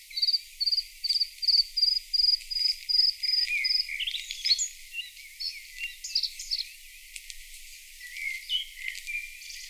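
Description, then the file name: Bluethroat singing a steady series of ringing high notes, about two a second, that breaks into a jumble of varied chirps, trills and squeaky phrases. Played back. "Blaahals"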